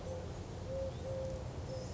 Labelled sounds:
Eurasian Collared Dove
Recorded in Sonoma County, California

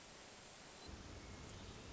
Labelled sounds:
Hermit Thrush
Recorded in Sonoma County, California

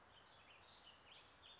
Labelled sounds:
Brown Creeper
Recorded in Sonoma County, California

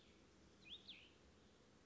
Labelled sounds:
Cassin's Vireo
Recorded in Sonoma County, California

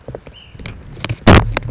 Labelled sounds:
Ash-throated Flycatcher
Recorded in Sonoma County, California

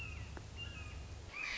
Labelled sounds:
Red-shouldered Hawk
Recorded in Sonoma County, California

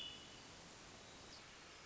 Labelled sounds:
Hermit Thrush
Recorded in Sonoma County, California

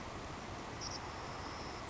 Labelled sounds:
Savannah Sparrow
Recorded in Sonoma County, California

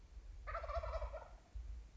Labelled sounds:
Wild Turkey
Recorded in Sonoma County, California

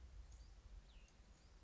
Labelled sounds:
Cassin's Vireo
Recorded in Sonoma County, California

